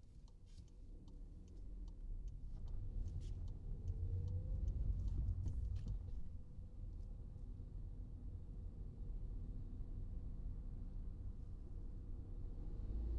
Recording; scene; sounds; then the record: everyday scene through a hearing-aid microphone; in a vehicle; engine, highway traffic jam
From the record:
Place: Skoda Fabia, gasoline engine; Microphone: in the ear canal, right